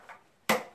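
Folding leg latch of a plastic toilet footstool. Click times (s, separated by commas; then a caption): 0.5 s. The second folding leg of a plastic Squatty Potty toilet footstool is snapped into its locked position. A faint soft knock comes at about 0.1 s, then the leg latch locks with a single sharp, loud knock at 0.5 s that rings briefly before fading. The leg is seated and locked.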